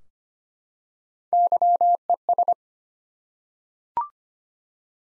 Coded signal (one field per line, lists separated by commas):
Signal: Morse code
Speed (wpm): 25 wpm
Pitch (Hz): 700 Hz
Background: none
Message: YES